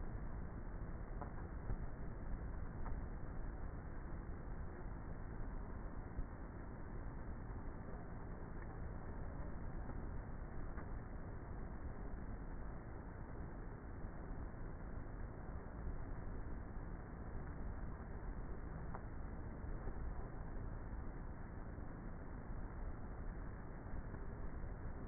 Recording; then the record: honeybee colony, microphone inside the hive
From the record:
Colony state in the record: queenless with a low population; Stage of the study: before two queens were removed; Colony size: about 30,000 bees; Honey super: no